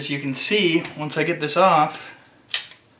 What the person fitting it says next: it does SNAP into place